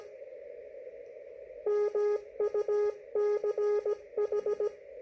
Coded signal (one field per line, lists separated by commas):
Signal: Morse code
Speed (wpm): 17 wpm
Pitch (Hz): 420 Hz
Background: radio noise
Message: MUCH